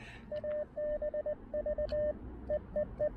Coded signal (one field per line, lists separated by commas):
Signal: Morse code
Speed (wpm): 20 wpm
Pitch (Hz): 590 Hz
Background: radio noise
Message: ABV EE E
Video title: Saturday Morning POTA Activation 1: Pairing the KX2 and AX1 at South Mountains State Park